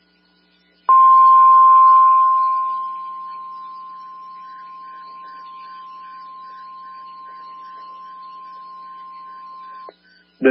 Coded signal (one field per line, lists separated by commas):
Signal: Emergency Alert System (SAME) tones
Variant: 1050 Hz attention tone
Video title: EAS Fire Warning for Potter TX on NOAA Weather Radio WXK38 4-4-2023